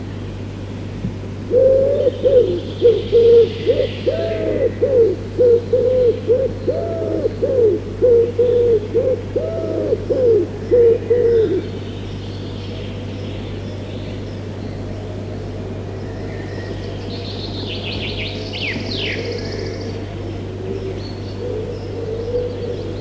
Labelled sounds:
Common Wood Pigeon (Columba palumbus)

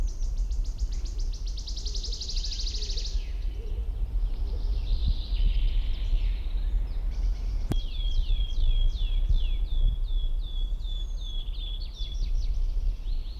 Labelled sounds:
Common Chaffinch (Fringilla coelebs)

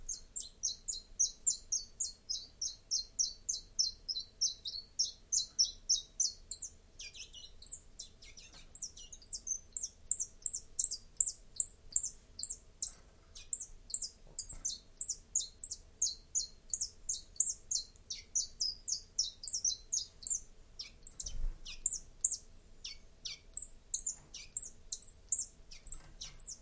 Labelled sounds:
Common Chiffchaff (Phylloscopus collybita) song

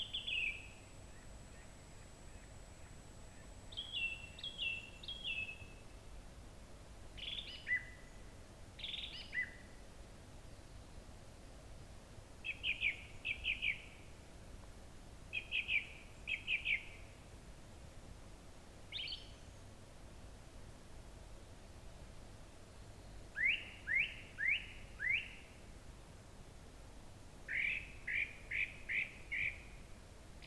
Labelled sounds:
Song Thrush (Turdus philomelos) song

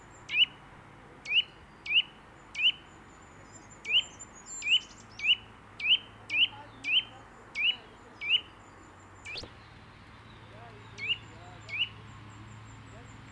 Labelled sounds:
Eurasian Nuthatch (Sitta europaea) song

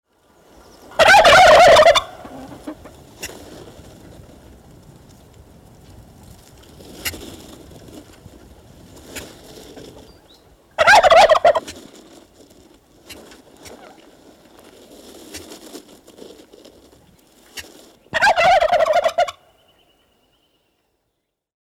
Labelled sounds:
Wild Turkey (Meleagris gallopavo)

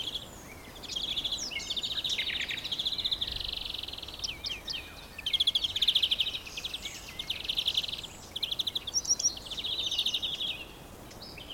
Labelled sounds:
European Greenfinch (Chloris chloris)

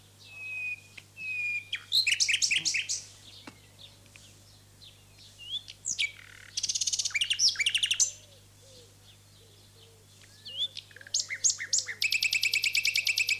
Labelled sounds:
Common Nightingale (Luscinia megarhynchos) song

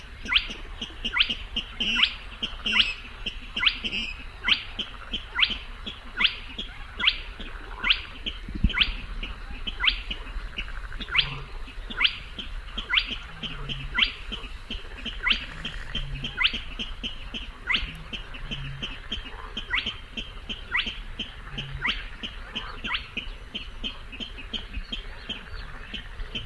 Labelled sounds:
Spotted Crake (Porzana porzana)

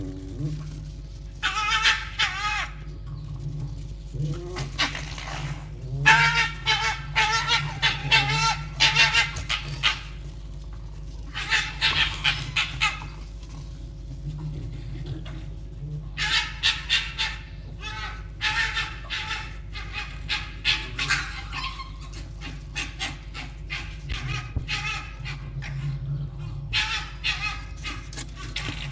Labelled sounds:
Red Fox (Vulpes vulpes)

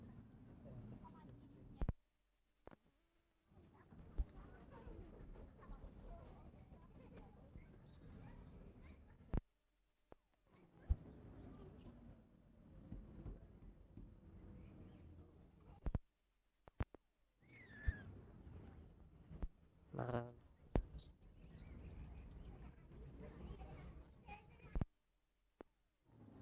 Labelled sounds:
Raccoon Dog (Nyctereutes procyonoides) whimpering

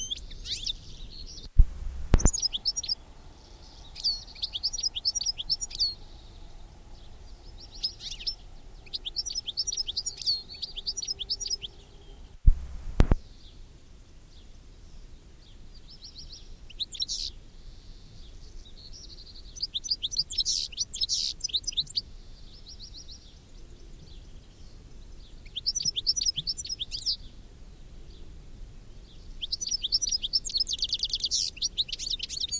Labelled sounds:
European Goldfinch (Carduelis carduelis) song

